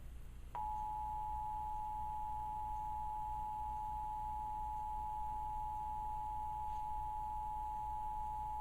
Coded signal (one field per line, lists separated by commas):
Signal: Emergency Alert System (SAME) tones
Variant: 853 and 960 Hz attention tone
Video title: National Emergency Alert System Test with audio failure.